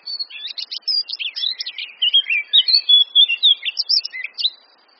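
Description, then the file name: Eurasian blackcap song: a busy, scratchy warble that broadens into loud whistled flourishes, then a few quick high notes. "Sylvia atricapilla"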